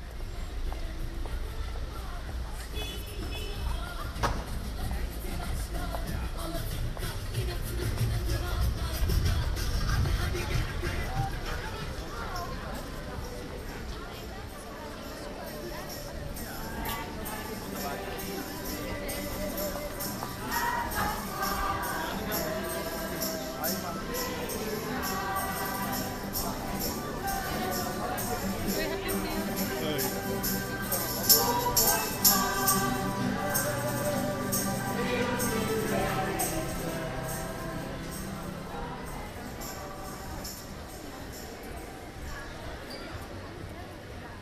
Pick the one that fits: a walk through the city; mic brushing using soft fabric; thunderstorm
a walk through the city